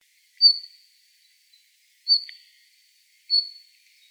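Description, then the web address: Red-flanked bluetail giving three short high notes, spaced apart against a quiet background. Recorded on 16 March 2017. "birdenaga ruribitaki 170316"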